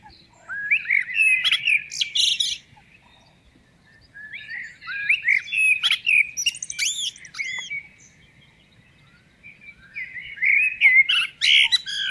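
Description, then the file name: Common blackbird song in three rich, fluted warbling phrases, each closing with squeaky high flourishes, spaced a couple of seconds apart. "Turdus merula"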